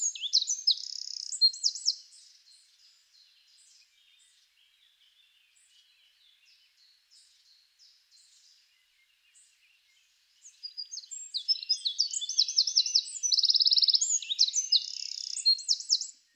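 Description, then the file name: Eurasian wren song: a rapid high-pitched jumble of sharp notes and a buzzing trill, one burst at the start and a longer burst after a quiet gap. "Troglodytes troglodytes"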